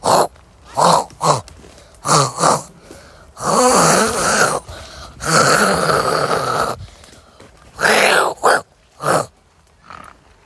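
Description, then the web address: Wild boar grunting in short bursts and longer moaning grunts, irregular, with quiet gaps between calls. A wild boar family. "wildschweinfamily. waldnasen geraeuschesafari"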